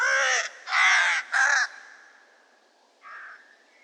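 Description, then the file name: Crow cawing: three harsh, raspy caws in quick succession, then a fainter caw after a pause. Recorded at Market Weighton on 7 June 2014. "Crows Market Weigton 07 june 2014"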